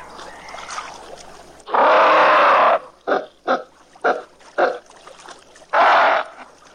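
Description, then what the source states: Ape screaming: a harsh, loud scream lasting about a second, then four short rasping bursts, then one more long scream near the end. Several apes in a long bout of angry screaming and growling.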